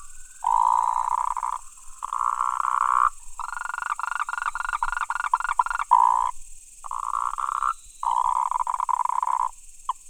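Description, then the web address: Frog croaks: drawn-out, harsh, buzzy notes, one broken into rapid clicking pulses, repeated after short silences. Recorded 28 October 2017. "frog rec 20171028"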